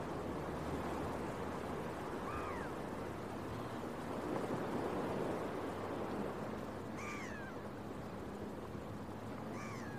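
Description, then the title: Gull cries, short arched yelps heard three times, spaced several seconds apart, above a constant wash of ocean waves. Recorded early in the morning at a beach with waves breaking. "Early Morning Seagulls and Beach Waves"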